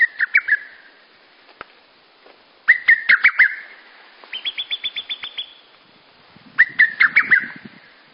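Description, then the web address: Bird song in loud chirping phrases, each a burst of sharp notes, with a fast, even, high trill in the middle and short pauses between phrases. Singing at dawn. "gazou goma yoake. bird singing"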